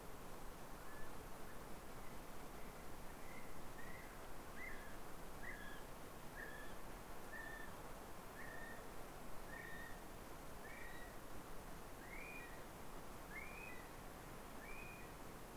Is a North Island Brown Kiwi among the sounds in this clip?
yes